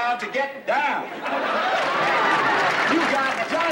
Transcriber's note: applause